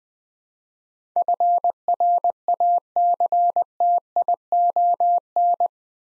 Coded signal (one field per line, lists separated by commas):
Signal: Morse code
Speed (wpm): 21 wpm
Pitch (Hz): 700 Hz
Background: none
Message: FRACTION